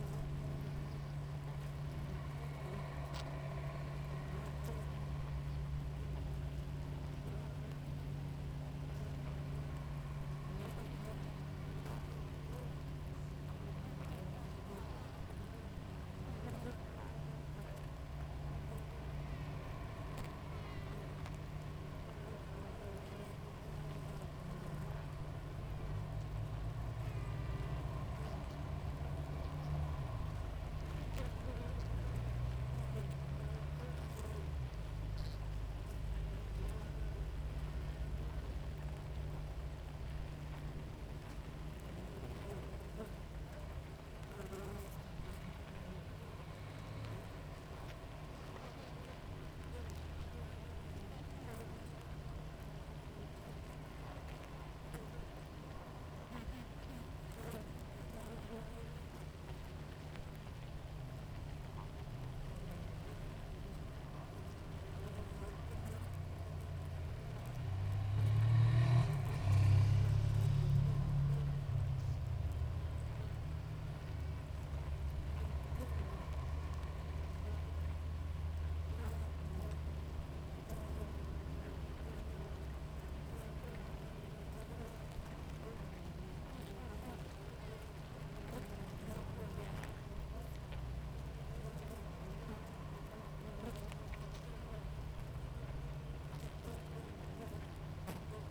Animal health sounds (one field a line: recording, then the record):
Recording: honeybee colony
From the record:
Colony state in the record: active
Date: 28 July 2017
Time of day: 6:26